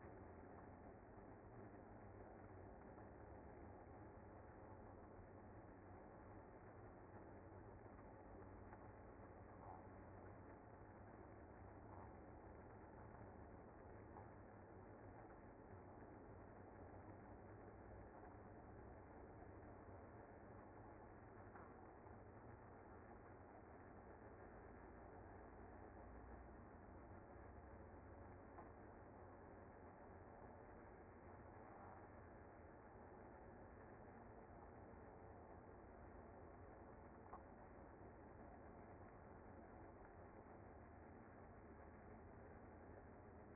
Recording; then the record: honeybee colony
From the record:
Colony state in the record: active